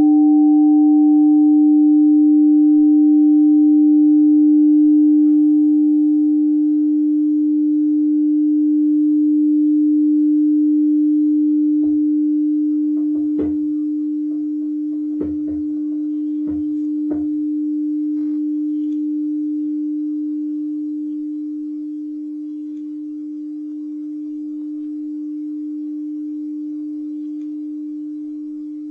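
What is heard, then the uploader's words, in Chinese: A singing bowl rings with a steady, pure low tone that holds for the whole half minute, with a fainter higher overtone fading out around nine seconds. Between about twelve and eighteen seconds, a cluster of light taps and clicks sounds over the sustained hum, which then slowly softens. 颂钵（敲击、反转、正转）。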